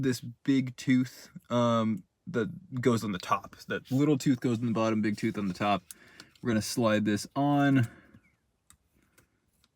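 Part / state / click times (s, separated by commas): metal retaining clip onto dashboard trim panel tab / not seated / none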